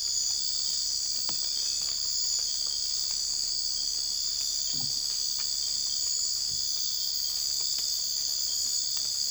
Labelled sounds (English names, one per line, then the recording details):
none
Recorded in secondary vegetation near Puerto Asís, Putumayo, Colombia, on 20 December 2024 at 01:00
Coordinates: 0.484, -76.319
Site GP06